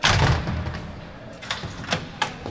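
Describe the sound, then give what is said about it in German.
Several doors being unlocked and locked again by a female officer in a secure forensic psychiatry facility: a heavy opening thud, then three sharp, bright clunks spaced about half a second apart, with no voices. “Eine Beamtin schließt mehrere Türen auf und wieder zu.”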